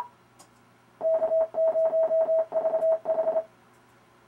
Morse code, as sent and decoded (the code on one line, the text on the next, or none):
-.- ----- ...- ....
K0VH